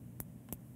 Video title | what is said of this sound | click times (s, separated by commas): GNARBOX First Look! - Backup, Edit, and Share Photo/Video Projects On-The-Go — PJPM 2017-10-06 | You're going to hear it click when it goes in. | 0.2 s